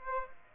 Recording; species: mosquito wingbeat signal from an infrared sensor; Aedes aegypti